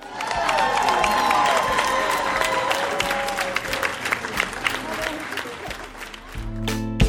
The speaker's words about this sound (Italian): Un bel applauso.